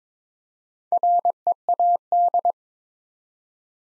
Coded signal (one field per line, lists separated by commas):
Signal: Morse code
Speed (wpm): 22 wpm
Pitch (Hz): 700 Hz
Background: none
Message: READ